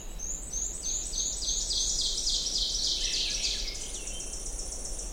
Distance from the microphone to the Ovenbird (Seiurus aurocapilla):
about 30 m